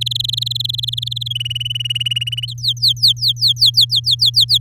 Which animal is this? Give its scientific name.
Serinus canaria